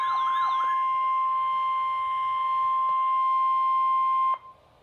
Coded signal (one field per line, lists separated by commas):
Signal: Emergency Alert System (SAME) tones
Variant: 1050 Hz attention tone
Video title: Severe Thunderstorm Warning - EAS #657